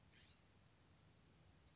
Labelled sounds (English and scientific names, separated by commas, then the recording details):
Oak Titmouse (Baeolophus inornatus)
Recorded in Sonoma County, California